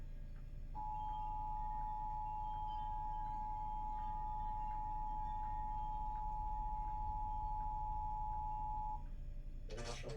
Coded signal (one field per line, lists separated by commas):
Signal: Emergency Alert System (SAME) tones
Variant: 853 and 960 Hz attention tone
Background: speech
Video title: eas flood warning for 14 hours Eas #102